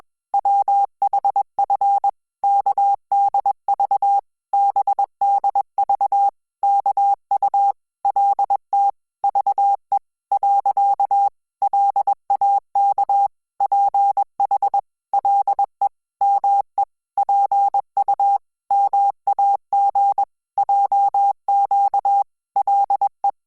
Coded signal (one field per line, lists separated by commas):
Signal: Morse code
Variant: Korean alphabet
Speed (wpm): 21 wpm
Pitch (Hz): 800 Hz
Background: none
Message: 분 을 들 이 거 라 . 공 주 가 마 지 못 해 가